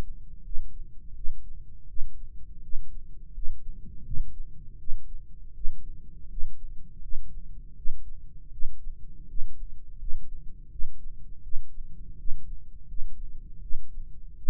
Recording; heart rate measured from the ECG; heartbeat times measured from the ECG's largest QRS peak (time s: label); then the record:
heart sounds by microphone in the right ear; 82 bpm
0.42 s: heartbeat
1.14 s: heartbeat
1.86 s: heartbeat
2.61 s: heartbeat
3.32 s: heartbeat
4.03 s: heartbeat
4.77 s: heartbeat
5.53 s: heartbeat
6.28 s: heartbeat
7.00 s: heartbeat
7.74 s: heartbeat
8.50 s: heartbeat
9.26 s: heartbeat
9.97 s: heartbeat
10.69 s: heartbeat
11.41 s: heartbeat
12.16 s: heartbeat
12.86 s: heartbeat
13.60 s: heartbeat
14.36 s: heartbeat
From the record:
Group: healthy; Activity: rest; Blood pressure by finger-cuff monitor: 139/96 mmHg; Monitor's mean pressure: 109 mmHg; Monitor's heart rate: 84 bpm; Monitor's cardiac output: 6.6 L/min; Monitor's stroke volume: 79 mL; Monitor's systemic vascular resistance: 1260 dyn s/cm5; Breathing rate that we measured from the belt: 19 breaths a minute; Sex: male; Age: 21 years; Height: 180 cm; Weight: 67.5 kg